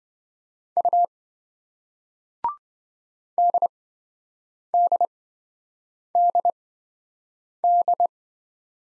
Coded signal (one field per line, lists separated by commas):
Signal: Morse code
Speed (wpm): 27 wpm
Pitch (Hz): 700 Hz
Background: none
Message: U DDDD